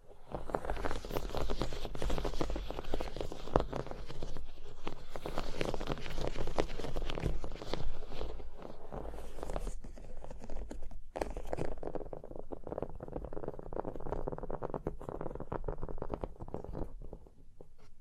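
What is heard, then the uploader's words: Dense tapping and scratching on a surface, with rapid uneven strokes, growing duller and quieter after a brief pause near eleven seconds. ASMR Hypnotic Surface Tapping, Scratching, Tracing Sounds (No Talking).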